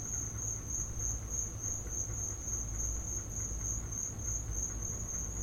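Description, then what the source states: Cricket chorus giving an unbroken high-pitched trill over a constant low hum. Crickets in the recordist's back yard; field recording.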